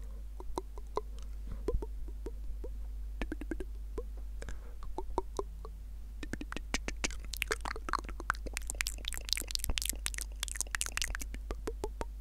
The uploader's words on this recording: ASMR Mouth Sounds & Triggers With A $40 Headset Mic.